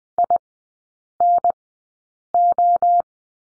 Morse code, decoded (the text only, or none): INO